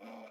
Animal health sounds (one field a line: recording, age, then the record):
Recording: pig call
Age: piglet (1 to 25 days)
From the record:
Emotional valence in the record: negative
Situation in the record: restrain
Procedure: in the arms of a person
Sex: female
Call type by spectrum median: low-frequency call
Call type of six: low-frequency stable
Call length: 0.31 s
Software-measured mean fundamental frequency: 57 Hz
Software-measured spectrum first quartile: 377 Hz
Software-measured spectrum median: 639 Hz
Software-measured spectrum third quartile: 1217 Hz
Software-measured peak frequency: 552 Hz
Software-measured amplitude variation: 92 dB a second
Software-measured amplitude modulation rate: 24.2 a second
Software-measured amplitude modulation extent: 3.8 dB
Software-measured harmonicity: 2.0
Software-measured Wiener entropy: -0.45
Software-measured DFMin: 1127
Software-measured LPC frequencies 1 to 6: 611, 2315, 3325, 5141, 6253, 7228 Hz